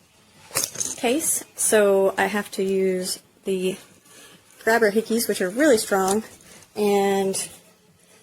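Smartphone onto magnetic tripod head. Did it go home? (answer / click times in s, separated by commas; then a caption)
no / none. A smartphone is being handled toward the magnetic holder on top of a selfie-stick tripod while someone talks, with a few brief sharp ticks near the start around 0.6 and 0.8 seconds. The phone has not yet snapped onto the magnetic tripod mount; nothing has seated yet.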